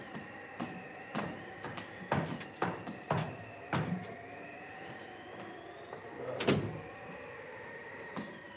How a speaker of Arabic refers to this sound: مهلا رأيت ما أفتح لكم الباب.